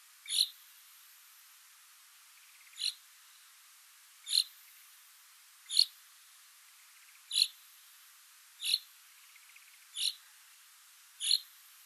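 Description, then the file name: Common chaffinch repeating a brief sharp call note eight times, mostly about one and a half seconds apart. "Fringilla coelebs"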